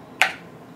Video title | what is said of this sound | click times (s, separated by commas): DaGeDar Vortex Spinner and Collectable Ball Hands on Review | hear that there is a solid click so | 0.2 s